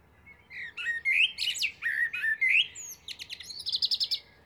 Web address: SETE data Turdus merula